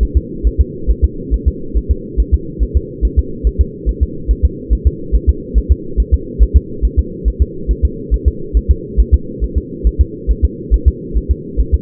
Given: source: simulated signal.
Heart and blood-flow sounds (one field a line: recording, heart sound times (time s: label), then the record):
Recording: fetal heart sounds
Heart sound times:
0.03 s: S1
0.17 s: S2
0.47 s: S1
0.61 s: S2
0.90 s: S1
1.04 s: S2
1.34 s: S1
1.48 s: S2
1.77 s: S1
1.91 s: S2
2.20 s: S1
2.34 s: S2
2.63 s: S1
2.77 s: S2
3.05 s: S1
3.19 s: S2
3.47 s: S1
3.61 s: S2
3.89 s: S1
4.03 s: S2
4.31 s: S1
4.45 s: S2
4.73 s: S1
4.87 s: S2
5.15 s: S1
5.29 s: S2
5.58 s: S1
5.72 s: S2
6.00 s: S1
6.14 s: S2
6.43 s: S1
6.56 s: S2
6.85 s: S1
6.99 s: S2
7.28 s: S1
7.42 s: S2
7.71 s: S1
7.85 s: S2
8.14 s: S1
8.28 s: S2
8.57 s: S1
8.71 s: S2
9.00 s: S1
9.14 s: S2
9.44 s: S1
9.58 s: S2
9.87 s: S1
10.01 s: S2
10.31 s: S1
10.44 s: S2
10.74 s: S1
10.88 s: S2
11.17 s: S1
11.31 s: S2
11.60 s: S1
11.74 s: S2
From the record:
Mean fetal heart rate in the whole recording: 140 bpm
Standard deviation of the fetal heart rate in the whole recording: 2 bpm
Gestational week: 34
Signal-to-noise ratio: -4.3 dB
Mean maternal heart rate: 72 bpm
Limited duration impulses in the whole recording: absent